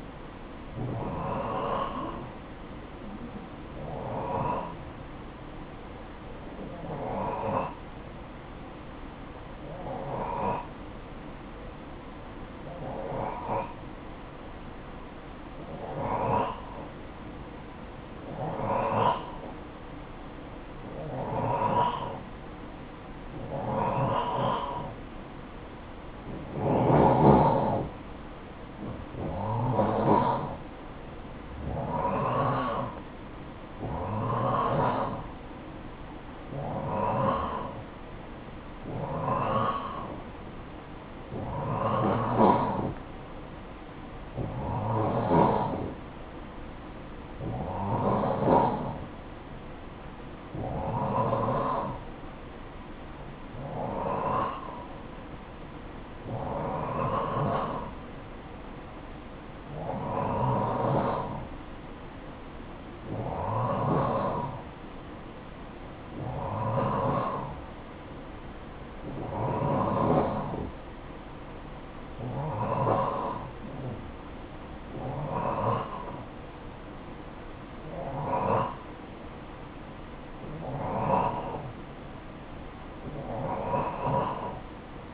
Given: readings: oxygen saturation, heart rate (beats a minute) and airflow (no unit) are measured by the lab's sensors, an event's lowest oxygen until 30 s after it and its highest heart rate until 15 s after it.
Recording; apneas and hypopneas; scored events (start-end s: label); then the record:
breathing in sleep by a voice recorder at the bedside; 1
5.00-27.10 s: hypopnea (N2, oxygen 91% highest, then 87% lowest, heart rate 57 at the start, 60 highest)
From the record:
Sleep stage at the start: N2 (light sleep); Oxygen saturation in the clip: 87 to 92%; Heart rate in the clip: 54 to 61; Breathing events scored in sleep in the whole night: 573 in 9.8 hours asleep